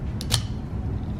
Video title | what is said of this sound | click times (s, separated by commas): 2009-2016 Volkswagen Tiguan - Front Windshield Wiper Blade Replacement | and tell it it clicks into place and then you'll be able to put your wipers back down | 0.2 s, 0.3 s